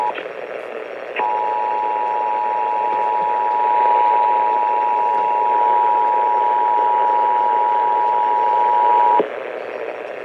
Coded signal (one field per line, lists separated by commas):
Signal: Emergency Alert System (SAME) tones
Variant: 853 and 960 Hz attention tone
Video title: EAS 2975-2976: Pennsylvania Required Monthly Test for February